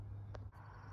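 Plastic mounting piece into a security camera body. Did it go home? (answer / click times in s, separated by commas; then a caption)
yes / 0.4 s. A plastic mounting piece is pushed into the body of a solar-powered security camera while it is being set up. A sharp click at 0.4 s shows the piece snapping into place over a steady low hum. The mount is confirmed seated.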